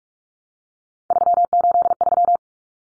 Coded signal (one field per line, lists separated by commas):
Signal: Morse code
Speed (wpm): 44 wpm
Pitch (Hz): 700 Hz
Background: none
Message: 383